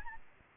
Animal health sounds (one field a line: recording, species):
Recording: mosquito wingbeat signal from an infrared sensor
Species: Aedes albopictus